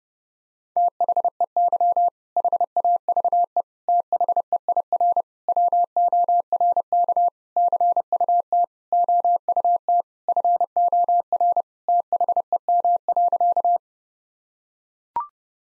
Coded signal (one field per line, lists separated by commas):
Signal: Morse code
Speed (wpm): 30 wpm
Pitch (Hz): 700 Hz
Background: none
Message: THEY HAVE THEIR WORK CUT OUT FOR THEM.